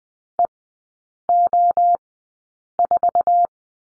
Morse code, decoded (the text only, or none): EO4